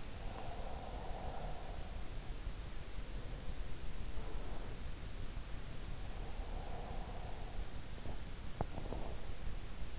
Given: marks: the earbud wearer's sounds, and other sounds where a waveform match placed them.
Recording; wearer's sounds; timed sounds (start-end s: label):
sounds in sleep by an in-ear microphone; breath
0.00-2.91 s: breath